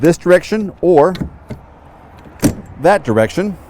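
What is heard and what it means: Someone talks while the extendable grab handle on the 32-inch-wide main entry door frame of a 2022 Forest River Wildwood 36FL RV is handled and extended, with short sharp knocks at about 1.5 s and a louder one at 2.4 s between the speech. The clip ends before the handle locks into place; nothing has seated or clicked yet.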